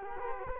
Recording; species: mosquito wingbeat signal from an infrared sensor; Culex quinquefasciatus